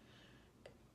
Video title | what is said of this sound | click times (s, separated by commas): MY INVISALIGN EXPERIENCE Cost, Pain, and more! | so when I put my like liner on it will click and | 0.7 s